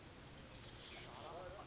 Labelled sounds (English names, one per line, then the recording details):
Oak Titmouse
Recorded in Sonoma County, California